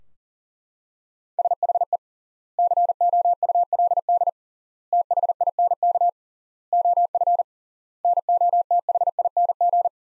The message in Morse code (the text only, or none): SHE COULD THINK OF NOTHING